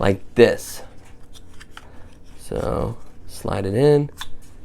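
Someone talks while sliding a plastic Dragy DRG70-C (v2) performance GPS timer unit into its plastic UniTronic windshield suction-cup mount cradle, with light handling and shuffling sounds in between. The unit has not seated or clicked into the mount yet by the end of the clip.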